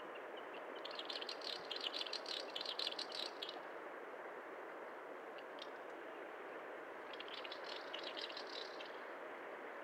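Snipe giving two bouts of fast, dry, rattling pulses, the first lasting about three seconds and the second shorter, over constant background hiss.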